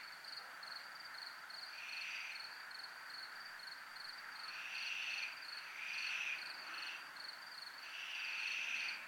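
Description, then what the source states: Cricket pulses tick on evenly and high while separate rasping bursts come in clusters, loudest in the second half. Recorded in a military zone.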